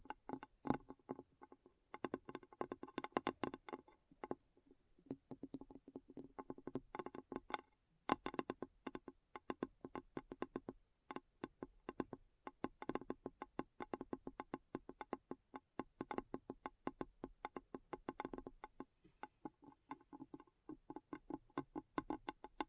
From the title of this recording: ASMR Addictive Tapping